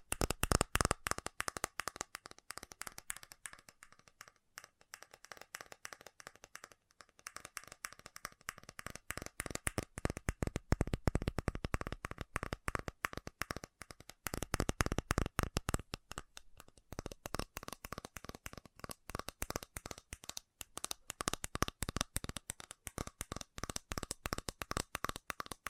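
Fast tapping runs through the whole clip as a dense, rapid stream of sharp clicks, sometimes rattling like shuffled cards. The pace shifts, with quieter patches near the five- and seven-second marks and louder bursts around fifteen and twenty-one seconds.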